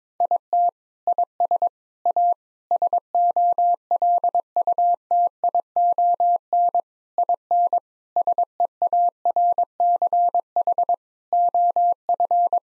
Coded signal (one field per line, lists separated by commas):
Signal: Morse code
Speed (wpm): 22 wpm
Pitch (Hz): 700 Hz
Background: none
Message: IT IS A SOLUTION IN SEARCH OF